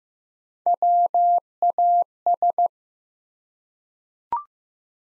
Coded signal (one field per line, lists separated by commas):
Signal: Morse code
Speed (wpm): 15 wpm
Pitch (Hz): 700 Hz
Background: none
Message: WAS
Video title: Top 180 QSO Elements 15wpm